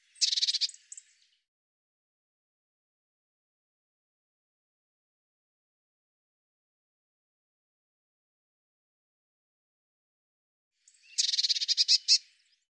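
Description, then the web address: Eurasian blue tit churring call, two brief bursts of rapid buzzy notes, one at the start and one near the end, separated by a long silence. "cianscape birddata Deverinetal 2025 File cleaned normalized Bird Cy Ca"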